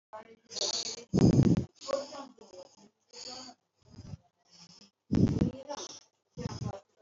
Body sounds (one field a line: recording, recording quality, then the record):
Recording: shallow breathing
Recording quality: excellent, no background noise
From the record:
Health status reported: healthy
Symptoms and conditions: fever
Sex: female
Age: 22 years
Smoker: not ticked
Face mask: worn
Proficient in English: yes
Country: India